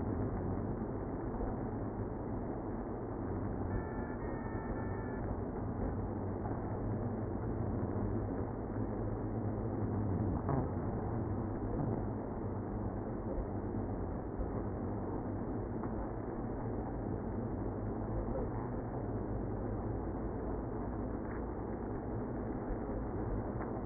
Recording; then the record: honeybee colony, microphone inside the hive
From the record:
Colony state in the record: queenless (queen removed); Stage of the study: after two queens were removed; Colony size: about 60,000 bees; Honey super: yes